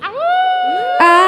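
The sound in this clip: Coyote howl: a tonal cry rising quickly then held steady, with other voices joining near the end.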